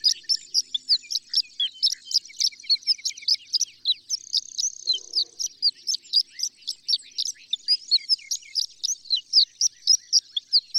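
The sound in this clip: Horned lark song, a rapid continuous run of high, bright tinkling notes mixed with thin sliding whistles; a brief soft low sound midway.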